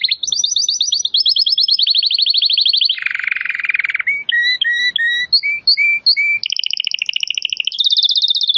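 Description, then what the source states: Domestic canary song of rapid high trills, a lower buzzy roll, spaced chirping whistles, then steady fast trilled phrases to the end. Belgian canary singing, campainha song.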